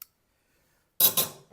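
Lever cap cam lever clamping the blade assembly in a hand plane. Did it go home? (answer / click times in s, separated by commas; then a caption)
yes / 0.0 s. The cam lever on the cast-iron lever cap of an antique jointer plane is flipped down to clamp the iron, and it locks in place with a short, sharp metallic snap at 0.0 s. After about a second of quiet, two louder, rougher metallic clatters follow near 1.0 s and 1.2 s, fading away before a faint tick at the very end.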